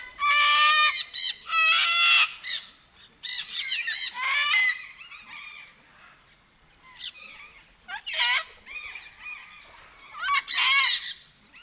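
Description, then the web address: Sulphur-crested cockatoo producing loud, harsh, raspy squawks with downward-slurred tones, delivered in separate bursts with short gaps between them. Captive bird at a zoo in Nyíregyháza, recorded in 2019 with the recorder left beside it. "sargabobitas kakadu otthagytukafelvevot nyiregyhaza"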